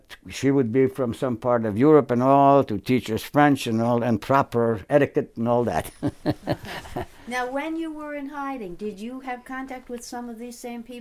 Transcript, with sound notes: That—she would be from some part of Europe and all to teach us French and all and proper etiquette and all that. [Chuckles]
Now, when you were in hiding, did you have contact with some of these same people?